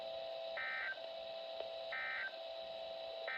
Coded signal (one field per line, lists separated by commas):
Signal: Emergency Alert System (SAME) tones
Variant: end-of-message bursts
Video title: North Carolina Annual Tornado Drill on KJY86 - EAS 990 - 3/6/24